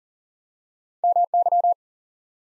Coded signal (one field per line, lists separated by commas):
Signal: Morse code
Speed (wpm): 39 wpm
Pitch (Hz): 700 Hz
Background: none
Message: M Y